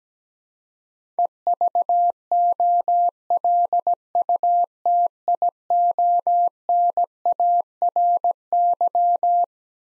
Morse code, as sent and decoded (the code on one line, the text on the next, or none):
. ...- --- .-.. ..- - .. --- -. .- .-. -.--
EVOLUTIONARY